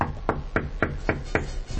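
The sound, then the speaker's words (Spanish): Six or so sharp knocks on a bedroom door land in a steady, quick rhythm, each a firm thud with a crisp edge, with no voices over them, as a father tries to open the door. “Sí, sí, estaba el padre intentando abrir la puerta y yo con ella apoyada ahí, y no sabíamos qué hacer.”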